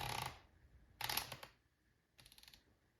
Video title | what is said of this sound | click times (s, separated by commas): Benelli M4 Review | then you're going to start to hear it click kind of like your gas cap on your car when you're closing that it's going to click click | 1.0 s, 1.1 s, 1.2 s, 1.3 s, 1.4 s